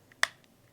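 The Phillips end of a skate tool is inserted into the steel release mechanism of an old skate holder and pulled back until the latch clicks open. One sharp, bright click is heard at 0.2 s, with a few faint ticks around it. The latch is released, though on this old design the click alone does not eject the runner steel.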